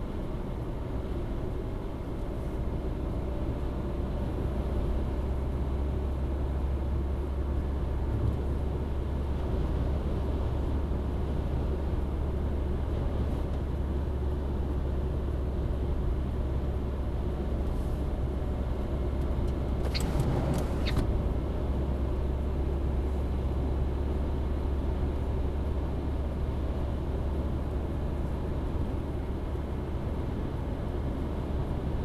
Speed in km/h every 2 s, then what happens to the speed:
67, 70, 72, 74, 75, 75, 72, 70, 70, 70, 70, 74, 75, 76, 76, 77.
0-7 speeds up to 75. 7-20 steady at about 70. 20-32 speeds up to 77.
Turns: none.